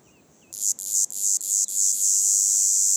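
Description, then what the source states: Red cicada song: loud, high, hissing stridulation that starts after half a second, with four brief breaks before settling into a steady buzz. Recorded 27 June 2018 on a plateau at Lesches-en-Diois, France, in forest; stridulating for over a week, heralding hot summer days; Nagra Seven recorder with MKH8040 microphone on a pole.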